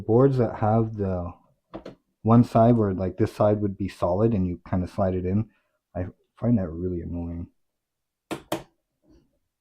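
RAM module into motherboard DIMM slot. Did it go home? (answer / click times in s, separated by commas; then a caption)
yes / 8.3 s, 8.5 s. A RAM module is pressed into a DIMM slot on an AM5 motherboard while someone talks. Two sharp clicks are heard at 8.3 s and 8.5 s as the memory stick seats and clicks into place.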